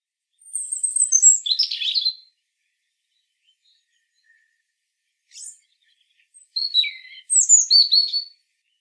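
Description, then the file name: European robin song: two bursts of thin, high, tumbling warbled phrases with sharp trills, separated by a pause and a brief faint note, otherwise quiet. "Erithacus rubecula"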